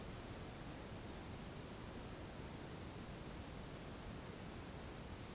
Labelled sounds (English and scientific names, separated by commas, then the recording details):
none
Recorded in pastures near Puerto Asís, Putumayo, Colombia, on 13 March 2025 at 12:30
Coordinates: 0.486, -76.323
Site G075